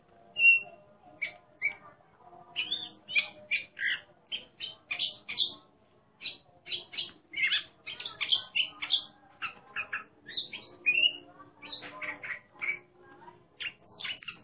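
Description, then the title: Oriental magpie-robin song: a long series of sharp whistled notes and short slurs, steadily repeated in quick bursts, with faint background hum. Competition bird singing in the ngeplong style, described as gacor (singing abundantly) and a national champion. "burung berkicau Kacer Ngeplong gacor Juara Nasional. burung Kacer"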